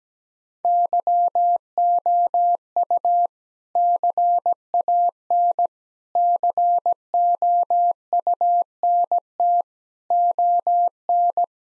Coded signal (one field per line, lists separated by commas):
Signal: Morse code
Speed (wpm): 17 wpm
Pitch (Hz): 700 Hz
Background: none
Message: YOU CAN COUNT ON